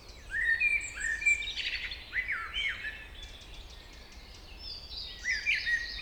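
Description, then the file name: Common blackbird whistling a rich warbled phrase with squeaky ends, a quieter pause, then another short whistled phrase near the end. "Turdus merula"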